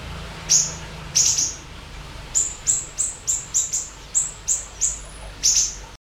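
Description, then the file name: Eurasian tree sparrow calls: sharp, very high chirps, singly and in quick runs, with a low background hum. Birds fighting. "siri siri gereja tarung"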